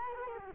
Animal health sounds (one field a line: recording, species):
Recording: mosquito wingbeat signal from an infrared sensor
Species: Culex quinquefasciatus